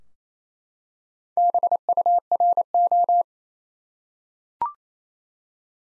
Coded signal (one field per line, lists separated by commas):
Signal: Morse code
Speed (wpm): 28 wpm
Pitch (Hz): 700 Hz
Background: none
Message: BURO